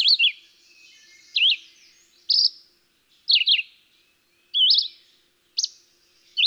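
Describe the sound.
Red-eyed Vireo singing short, high slurred phrases separated by short pauses.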